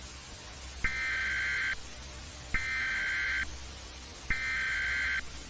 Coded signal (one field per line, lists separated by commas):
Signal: Emergency Alert System (SAME) tones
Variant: header bursts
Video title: [EAS Scenario] The shaking earth